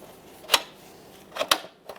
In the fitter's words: Press it into the locked position. Listen for a click from all 4 of the tabs,